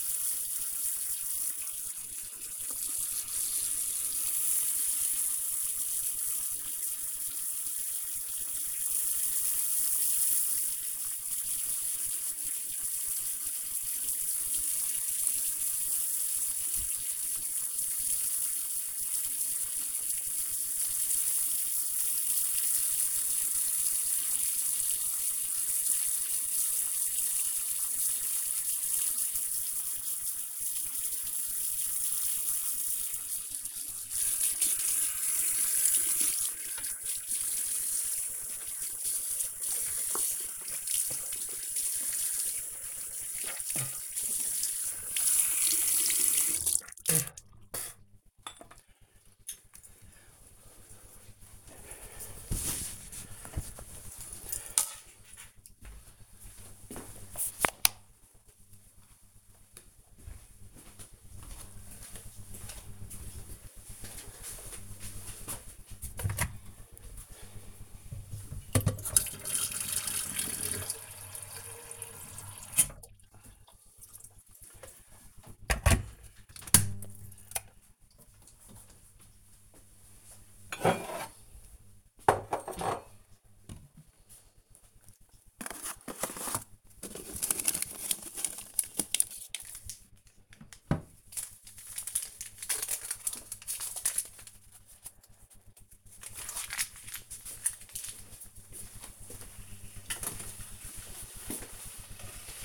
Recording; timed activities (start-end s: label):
household activities, microphone on the right wrist
0.00-48.16 s: brushing teeth
66.22-102.65 s: making tea